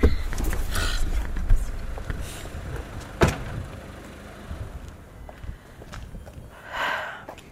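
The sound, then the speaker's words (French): Someone climbs out of a car: rustling and shuffling movement, a sharp solid door clunk, then scuffing steps and a brief whooshing sweep near the end. No one speaks. “Bah, sors de la voiture là pour l'appeler parce que là.”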